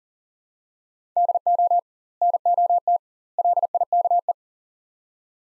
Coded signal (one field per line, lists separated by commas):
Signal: Morse code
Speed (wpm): 38 wpm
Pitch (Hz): 700 Hz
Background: none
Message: DO NOT LIKE